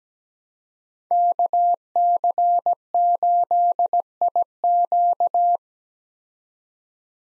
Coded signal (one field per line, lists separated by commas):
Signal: Morse code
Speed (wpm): 17 wpm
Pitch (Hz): 700 Hz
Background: none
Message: KC8IQ